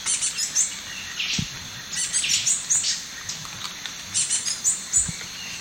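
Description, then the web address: Flame-crested Tanager song: short clusters of thin high chips and sharp notes, repeated at irregular intervals over a steady high hiss of forest background. South America, eastern lowlands. "S America Eastern Lowlands 525 Flame-crested Tanager"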